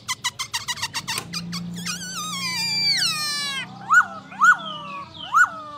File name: Pterorhinus chinensis